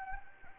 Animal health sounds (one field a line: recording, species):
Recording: mosquito wingbeat signal from an infrared sensor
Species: Anopheles gambiae